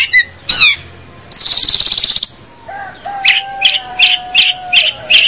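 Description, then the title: Long-tailed shrike song: harsh slurred notes, then a fast buzzy rattle, a steady whistled tone, and a series of evenly spaced short chips. "Kicau Burung Pentet"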